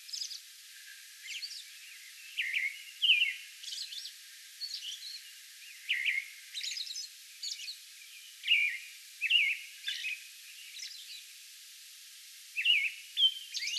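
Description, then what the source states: American robin singing a run of warbled, caroling phrases with thin high squeaks between them, over faint background hiss. Song bout recorded May 11.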